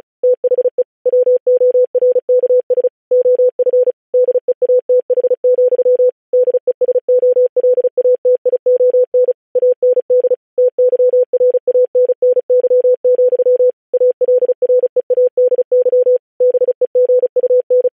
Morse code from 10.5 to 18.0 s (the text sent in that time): TYRANNY, ALREADY BEGUN